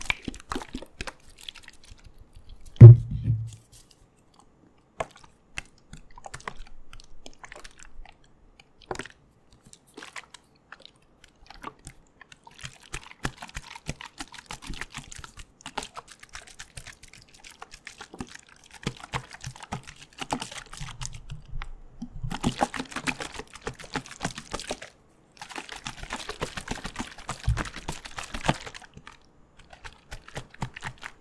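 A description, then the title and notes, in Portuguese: Creams and oils are worked by hand: sparse wet clicks and ticks open the recording, with a single low thump near three seconds. From about thirteen seconds, denser crackly, squishing bursts come in stretches, broken by short pauses, until near the end. Sons Líquidos, Oleosos e Cremes + Aggressive Tapping [No Talking]. ASMR [No talking] com sons de água, óleos, garrafa de whisky e cremes densos e não densos.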